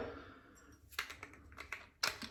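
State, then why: Seated. A plastic screw cap is screwed onto a shaving product bottle, with a few small plastic ticks as it turns. At 2.0 s it latches closed with a sharp snap at the end of the turn, and the cap is seated.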